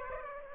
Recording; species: mosquito wingbeat signal from an infrared sensor; Aedes aegypti